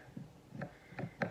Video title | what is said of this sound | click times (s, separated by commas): Tupperware Microwave Pressure Cooker | put down the lid and wait for the click | 1.2 s